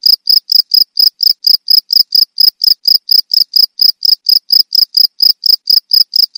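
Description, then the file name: Field cricket chirping in a steady, rapid series of short high pulses, with no other sounds. Cricket of rice fields. "jangkrik sawah"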